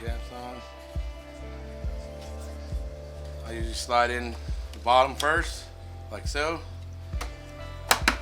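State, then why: Seated. Over background music, someone talks while a headlight assembly or trim ring is slid bottom edge first into the headlight nacelle of an Indian Challenger motorcycle during a JRod Built Baja Designs LP6 bracket install. It is then pressed in, and sharp clicks at 7.9 s and 8.1 s mark it seating flush in the nacelle.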